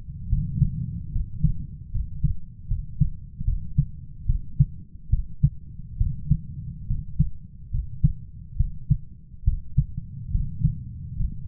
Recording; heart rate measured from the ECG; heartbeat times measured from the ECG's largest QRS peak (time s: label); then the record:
heart sounds by stethoscope; 72 bpm
0.28 s: heartbeat
1.11 s: heartbeat
1.91 s: heartbeat
2.67 s: heartbeat
3.44 s: heartbeat
4.26 s: heartbeat
5.09 s: heartbeat
5.97 s: heartbeat
6.86 s: heartbeat
7.70 s: heartbeat
8.56 s: heartbeat
9.44 s: heartbeat
10.31 s: heartbeat
11.16 s: heartbeat
From the record:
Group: healthy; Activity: cold pressor test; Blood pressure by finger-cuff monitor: 137/82 mmHg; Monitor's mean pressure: 100 mmHg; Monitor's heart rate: 71 bpm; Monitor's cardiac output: 7.6 L/min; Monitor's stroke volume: 110 mL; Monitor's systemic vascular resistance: 970 dyn s/cm5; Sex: male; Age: 23 years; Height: 178 cm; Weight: 96.6 kg